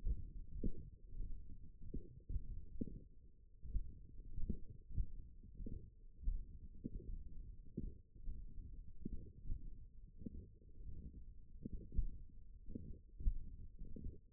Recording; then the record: forearm muscle sounds (acoustic myography)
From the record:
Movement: tripod grip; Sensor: system 1, eight BSWA MPA416 microphones around the upper forearm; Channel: 7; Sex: male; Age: 21 years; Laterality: right